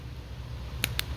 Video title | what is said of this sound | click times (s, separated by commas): Ford Superduty: Shift Cable Removal, Installation, and Adjustment | there we go that's a good snap down see now I cannot move that that's what you want to see | 0.8 s, 1.0 s